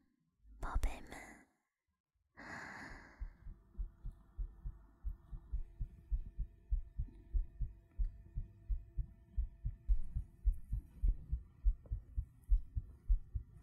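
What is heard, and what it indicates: Brief soft whispering, then a normal adult heartbeat heard close up, offered as a heartbeat sleep aid for falling asleep.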